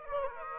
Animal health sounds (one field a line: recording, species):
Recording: mosquito wingbeat signal from an infrared sensor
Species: Aedes aegypti